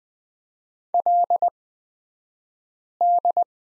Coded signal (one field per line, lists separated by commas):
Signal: Morse code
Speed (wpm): 20 wpm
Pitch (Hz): 700 Hz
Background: none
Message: LD